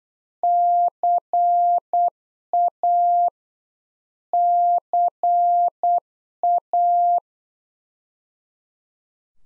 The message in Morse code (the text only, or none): CA CA